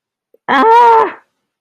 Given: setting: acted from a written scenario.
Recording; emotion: vocal sound without words; pain